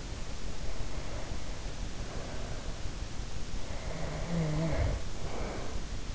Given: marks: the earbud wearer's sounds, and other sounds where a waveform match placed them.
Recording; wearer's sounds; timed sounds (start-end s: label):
sounds in sleep by an in-ear microphone; breath, snoring breath
0.09-2.60 s: breath
3.60-5.91 s: snoring breath